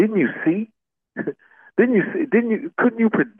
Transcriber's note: laughs